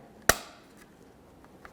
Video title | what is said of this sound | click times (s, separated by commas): How to Replace High Mount Third Brake Light 1998-2011 Ford Ranger | Press it in, listen for a click, make sure it's nice and tight. | 0.3 s